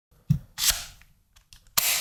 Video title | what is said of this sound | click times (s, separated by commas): DJI Mini 4 Pro Drone - Pre Flight | until you hear a click and then you know you're sorted the lights came on just to indicate you know it's getting some power | 1.8 s